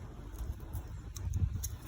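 A wiring connector is clipped onto an ignition coil pack for a Seat Ibiza 1.4 (MK3) before the coil is fitted into the engine. Against a low rumbling background with a few small ticks, a faint, sharp click comes at 1.7 s. The connector is seated.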